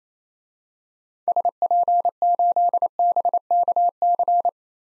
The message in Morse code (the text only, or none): SP8BKC